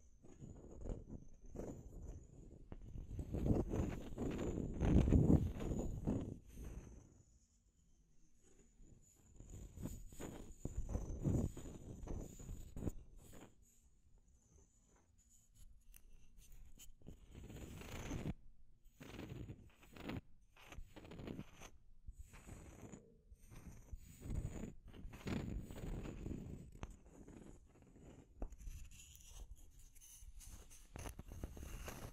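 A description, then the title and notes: Deep scratching comes in rough, low bursts, loudest around five seconds, with quiet gaps near eight and fifteen seconds and a faint steady hiss. Deep Scratching. (No Talking).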